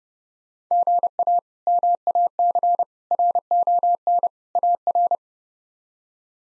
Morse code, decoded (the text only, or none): GA MAC RON AR